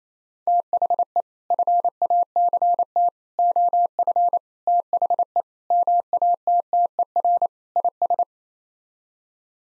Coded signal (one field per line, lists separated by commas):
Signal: Morse code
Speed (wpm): 28 wpm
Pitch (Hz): 700 Hz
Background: none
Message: THE FACT OF THE MATTER IS